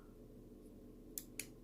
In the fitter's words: properly they make a little click